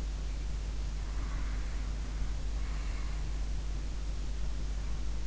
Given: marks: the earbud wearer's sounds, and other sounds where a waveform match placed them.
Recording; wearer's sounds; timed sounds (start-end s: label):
sounds in sleep by an in-ear microphone; breath
1.15-3.38 s: breath